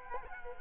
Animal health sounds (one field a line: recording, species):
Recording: mosquito wingbeat signal from an infrared sensor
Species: Culex quinquefasciatus